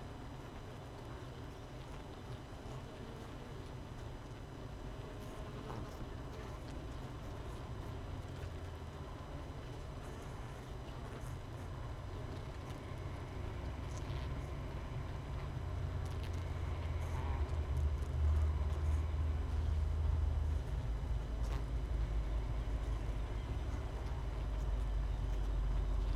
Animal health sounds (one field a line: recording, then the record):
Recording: honeybee colony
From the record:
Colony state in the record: missing queen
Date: 31 May 2018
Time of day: 6:29